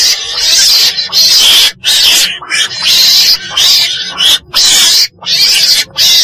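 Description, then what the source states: Weasel squealing harshly in noisy, grating bursts in quick succession, with short irregular breaks between them. Black weasel (chồn đen) calling.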